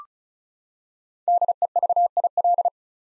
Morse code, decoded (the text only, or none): DEVIL